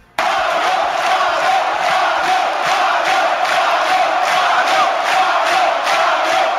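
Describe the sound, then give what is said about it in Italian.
A large crowd of Verona football fans chants loudly in a stadium, a dense roar of many voices with a steady rhythmic pulse running through it from start to finish. “Questi sono i tifosi del Verona, a dimostrazione del fatto che Terruzzi e Abatantuono hanno ragione da vendere.”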